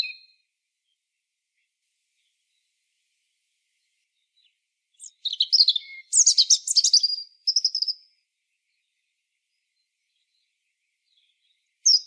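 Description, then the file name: European robin song: a single phrase of quickly changing high whistles and buzzy trills lasting about three seconds, between long quiet stretches. "Erithacus rubecula"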